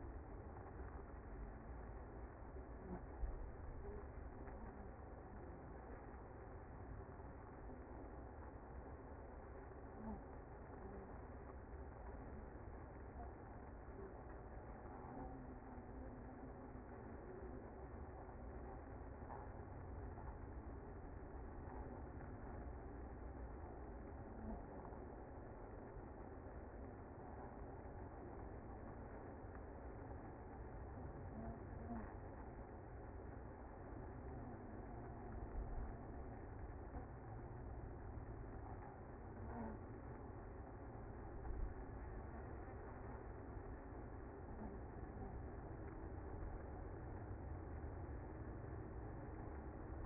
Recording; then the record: honeybee colony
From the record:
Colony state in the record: active